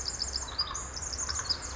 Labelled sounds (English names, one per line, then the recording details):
Pacific Wren
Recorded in Sonoma County, California